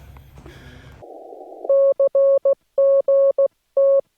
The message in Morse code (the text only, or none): CGT